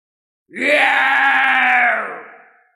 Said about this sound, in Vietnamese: Một tiếng gào lớn khiến sương mù màu đen dâng trào, chiếc quan tài ở phía sau hoàn toàn nứt ra và một sinh vật đầy đáng sợ đuổi theo